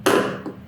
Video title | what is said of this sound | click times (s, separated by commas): Subaru Forester Key Fob Battery Replacement (2001 - 2004) | and then just slide it into place until it clicks in | 0.1 s